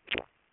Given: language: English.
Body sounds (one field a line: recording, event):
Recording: throat vibration sensor signal played as sound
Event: swallow